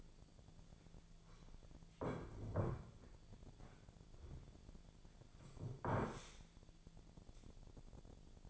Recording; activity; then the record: daily activity, microphone in the room; sit down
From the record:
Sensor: 5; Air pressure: 1008.2 hPa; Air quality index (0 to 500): 153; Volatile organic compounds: 3 ppm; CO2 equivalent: 1471 ppm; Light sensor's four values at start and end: 59/165/64/64 and 59/165/64/64